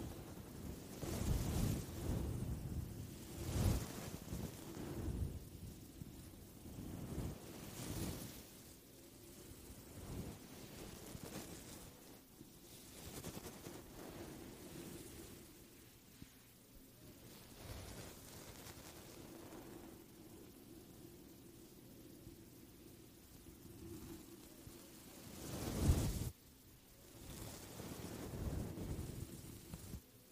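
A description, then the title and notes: Microphone brushing and scratching, with repeated soft rubbing bursts every few seconds, a sharp scrape near 26 seconds, and a steady low rumble beneath. ASMR THE ULTIMATE MIC TRIGGER TEST on NEW Blue Yeti Pro (mic brushing, mic scratching, no talking).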